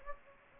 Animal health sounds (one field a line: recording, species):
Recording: mosquito wingbeat signal from an infrared sensor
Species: Anopheles gambiae